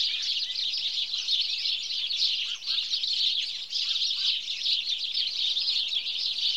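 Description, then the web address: House sparrow chirps massed into a busy chatter, with a few lower, separate chirps standing out midway. "BBC Sound Effects Library BBC 47-Birds 21 House Sparrow (Passer Domesticus)"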